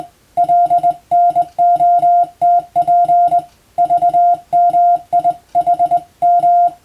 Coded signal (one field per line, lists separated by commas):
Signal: Morse code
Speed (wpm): 20 wpm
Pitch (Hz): 700 Hz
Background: none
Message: LNOTP VMIHM